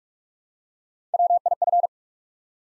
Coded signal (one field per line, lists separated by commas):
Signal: Morse code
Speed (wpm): 44 wpm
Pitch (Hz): 700 Hz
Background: none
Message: WIF